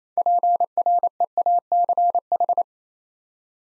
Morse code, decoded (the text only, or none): PREACH